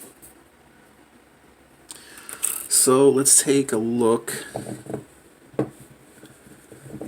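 Someone handles a separate accessory piece for a DC Collectibles Batman: The Red Death (Dark Knights: Metal) resin/PVC collectible statue; the accessory attaches to the statue body by a peg or magnet. Someone talks while light handling knocks are heard around 1.9, 2.3, 2.5 and 5.6 seconds. Nothing has seated or clicked into place yet.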